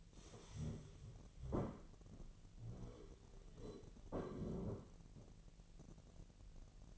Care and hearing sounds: daily activity, microphone in the room; stand up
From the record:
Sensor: 4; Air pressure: 1002.7 hPa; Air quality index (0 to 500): 250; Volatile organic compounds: 34 ppm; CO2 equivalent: 3050 ppm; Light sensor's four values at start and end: 11/25/10/10 and 11/25/10/10

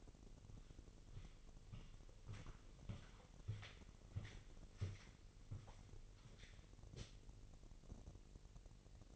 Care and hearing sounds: daily activity, microphone in the room; walk to room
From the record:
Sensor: 4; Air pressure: 1002.8 hPa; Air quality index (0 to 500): 249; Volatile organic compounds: 10 ppm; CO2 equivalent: 2216 ppm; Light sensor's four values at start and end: 13/29/12/12 and 12/28/11/11

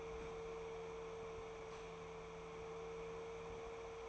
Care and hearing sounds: daily activity, microphone in the room; open fridge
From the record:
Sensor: 1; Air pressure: 1015.0 hPa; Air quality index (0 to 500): 194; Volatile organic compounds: 22 ppm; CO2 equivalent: 2744 ppm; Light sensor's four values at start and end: 31/78/33/40 and 31/78/33/40

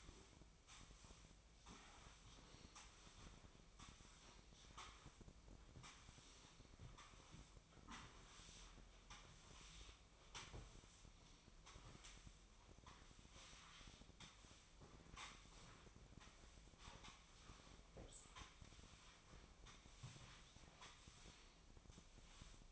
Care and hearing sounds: daily activity, microphone in the room; sweep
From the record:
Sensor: 1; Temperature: 24.4 degrees Celsius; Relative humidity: 39.3%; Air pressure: 1003.1 hPa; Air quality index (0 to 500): 197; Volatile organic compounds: 6 ppm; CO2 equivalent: 1887 ppm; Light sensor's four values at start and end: 12/30/12/15 and 13/31/13/15

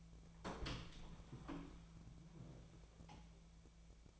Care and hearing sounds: daily activity, microphone in the room; open door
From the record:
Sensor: 1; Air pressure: 1000.5 hPa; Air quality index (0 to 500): 184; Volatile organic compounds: 4 ppm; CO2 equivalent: 1700 ppm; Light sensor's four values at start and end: 11/27/11/13 and 12/28/11/13

